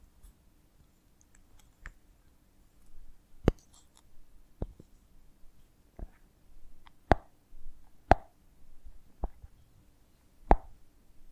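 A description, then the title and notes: Sticky clicks and wet plops from a honeycomb on a branch, sounding about once a second, some with a brief squelchy tail, over a low hum. ASMR of a Honeycomb on Branch (No Talking).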